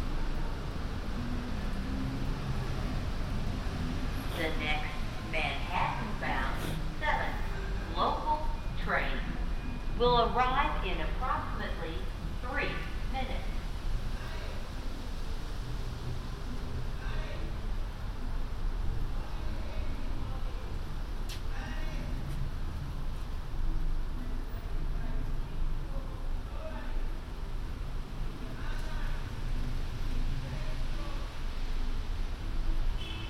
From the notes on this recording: A binaural field recording, from the Queens Museum to my apartment in Harlem via the MTA